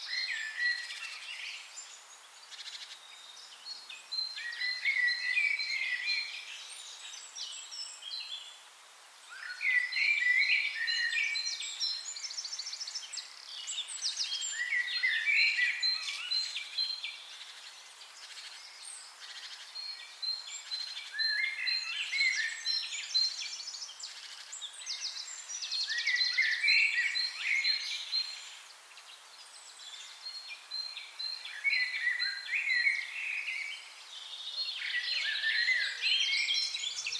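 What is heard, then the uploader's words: A forest chorus of many birds calls and chirps almost continuously, bright and layered, with brief quieter gaps near 9 and 33 seconds. Soundscapes from different forests around the world.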